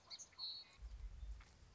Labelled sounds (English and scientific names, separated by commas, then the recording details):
Song Sparrow (Melospiza melodia)
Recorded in Sonoma County, California